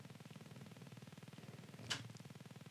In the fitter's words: around, snap, snap.